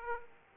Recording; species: mosquito wingbeat signal from an infrared sensor; Aedes aegypti